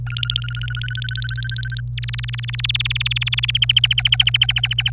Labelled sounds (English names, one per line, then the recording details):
Domestic Canary song
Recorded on 26 April 2018 at 13:01
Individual llb3